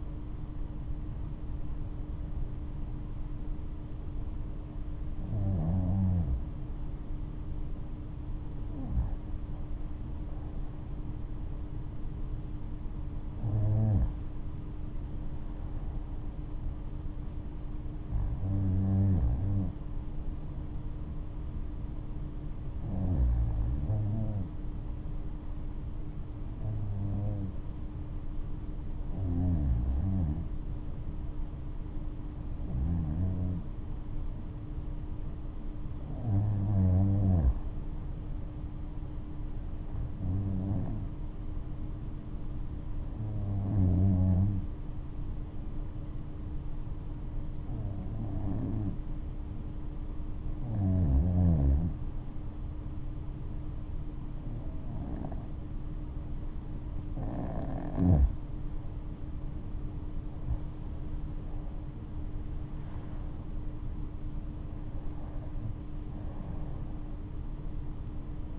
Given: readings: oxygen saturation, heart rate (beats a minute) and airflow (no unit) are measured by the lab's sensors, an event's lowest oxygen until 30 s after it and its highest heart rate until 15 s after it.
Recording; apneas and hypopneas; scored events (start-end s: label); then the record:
breathing in sleep by a smartphone at the bedside; 1
27.00-58.10 s: hypopnea (REM, oxygen 95% highest, then 91% lowest, heart rate 72 at the start, 74 highest)
From the record:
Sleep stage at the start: REM sleep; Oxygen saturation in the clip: 92 to 96%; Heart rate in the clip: 63 to 74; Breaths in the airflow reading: 17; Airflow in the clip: -11.0 to 14.3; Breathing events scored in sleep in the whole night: 228 in 5.4 hours asleep